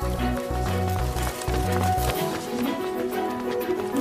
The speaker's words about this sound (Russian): Ребята хватают корзины и бегут вниз по улице.